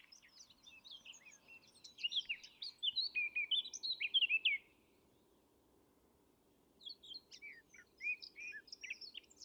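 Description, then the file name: Eurasian blackcap song: a busy, chattering warble of rapid mixed notes for several seconds, a silent gap, then another warbling phrase. "Sylvia atricapilla"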